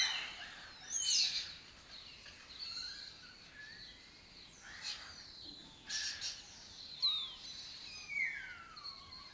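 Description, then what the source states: Lesser kestrels calling, scattered harsh slurred notes and falling chatters overlapping in bursts, several birds at once against a steady hiss of background. Colony of migratory raptors that took over an abandoned building in Doñana; breeds in southern Europe and spends its foraging time in West Africa.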